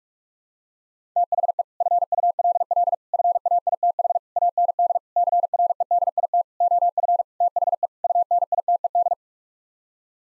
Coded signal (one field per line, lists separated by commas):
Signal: Morse code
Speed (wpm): 46 wpm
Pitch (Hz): 700 Hz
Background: none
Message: THE FULL FAITH AND CREDIT OF THE UNITED